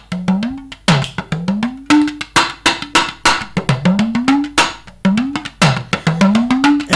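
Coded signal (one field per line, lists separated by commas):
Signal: talking drum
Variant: Malian tamani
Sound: rapid dry drum strokes with a low tone that bends upward, in phrases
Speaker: ne kɔni ye tama mankan mɛn et je sais que a bɛ ka fɛn dɔ de fɔ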